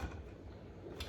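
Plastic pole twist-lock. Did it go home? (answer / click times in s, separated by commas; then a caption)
yes / 1.0 s. The telescoping section of a mop pole is spun and twisted into its outer tube, making a low rubbing, scraping sound. It ends in a short, sharp knock at 1.0 s as the twist-lock locks the section in place.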